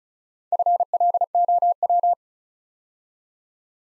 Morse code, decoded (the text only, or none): FLOW